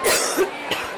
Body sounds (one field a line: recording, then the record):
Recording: coughing mixed with background sound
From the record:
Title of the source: 34 coughing up crap again